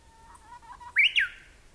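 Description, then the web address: Japanese bush warbler song: a long, soft, low whistle followed by a loud, abrupt two-part flourish. Recorded at Nagaike. "nagaike uguisu"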